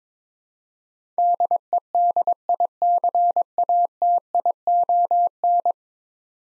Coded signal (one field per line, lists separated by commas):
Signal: Morse code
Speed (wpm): 22 wpm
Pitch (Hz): 700 Hz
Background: none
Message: DEDICATION